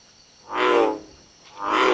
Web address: Frog Lithobates Catesbeianus